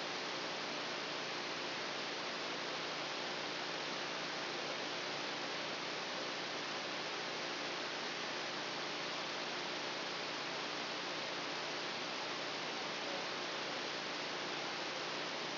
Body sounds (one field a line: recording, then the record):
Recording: brain microelectrode recording played as sound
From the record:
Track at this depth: outside the subthalamic nucleus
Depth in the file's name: 5.305 mm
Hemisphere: left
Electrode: 2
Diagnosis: Parkinson's disease